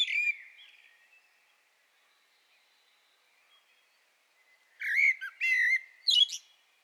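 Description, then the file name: Common blackbird song: a short phrase at the start, a few seconds of quiet, then three loud squeaky, twittering phrases. "Turdus merula"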